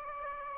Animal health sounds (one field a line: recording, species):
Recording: mosquito wingbeat signal from an infrared sensor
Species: Aedes aegypti